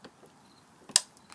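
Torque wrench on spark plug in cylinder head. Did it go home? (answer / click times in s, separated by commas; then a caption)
yes / 1.0 s. A torque wrench tightens a spark plug in the cylinder head of a BMW N55 engine, with a few faint ticks before and after. The wrench gives one sharp, loud click at 1.0 s as it reaches its torque setting, meaning the plug is tight and done.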